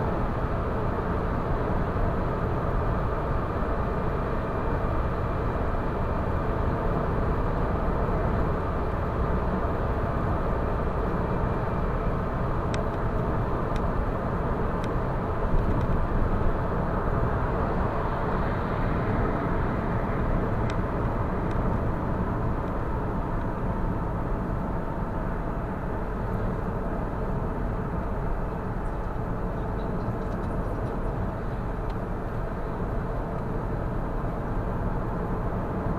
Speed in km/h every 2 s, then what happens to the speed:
114, 113, 113, 113, 112, 113, 111, 108, 105, 103, 99, 94, 88, 84, 82, 80, 79, 79.
0-13 steady at about 113. 13-25 slows to 84. 25-36 steady at about 80.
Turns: none.